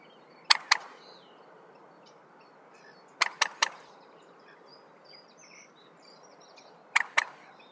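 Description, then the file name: Common moorhen calling in short bursts of two or three sharp, harsh notes, the bursts several seconds apart, against a quiet, steady background hiss. "Rorhona"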